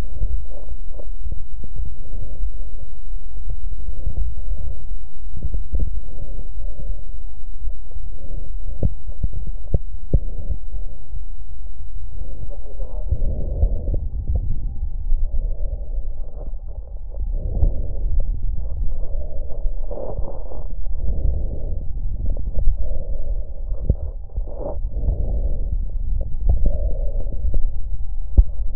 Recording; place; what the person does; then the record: lung sounds by stethoscope; left anterior apical chest; quiet breathing, then deep breathing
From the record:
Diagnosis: COPD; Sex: female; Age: 68 years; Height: 150 cm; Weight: 70 kg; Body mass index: 31.1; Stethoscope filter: extended mode